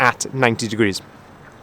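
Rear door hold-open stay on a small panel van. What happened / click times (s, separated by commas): Handled, not yet home: no latch click is heard / none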